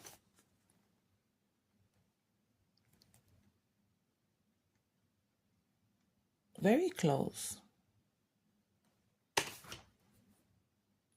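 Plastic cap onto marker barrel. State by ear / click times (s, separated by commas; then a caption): seated / 9.4 s. A plastic cap is pushed onto the barrel of a plastic coloring marker and clicks shut at 9.4 s, seating the cap. Before that, someone talks briefly around 6.6–7.6 s, and there are a few faint ticks near 3.0 s. The click is a sharp, bright snap followed by a softer tail, and the marker is capped.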